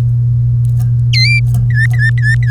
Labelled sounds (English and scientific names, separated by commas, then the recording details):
Domestic Canary (Serinus canaria) song
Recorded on 3 May 2018 at 08:40
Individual llb3